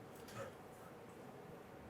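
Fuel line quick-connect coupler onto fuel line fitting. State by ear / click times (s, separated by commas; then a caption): not seated / none. A fuel line quick-connect connector is lined up, its windows on either side positioned to match the plastic locking coupler on the fuel line fitting, during fuel pump module assembly replacement on a 1997-2006 Jeep Wrangler. A brief soft rustle of handling is heard around 0.3 to 0.5 seconds over a low, steady background hiss. The connector has not been pushed home yet, and nothing has seated or clicked.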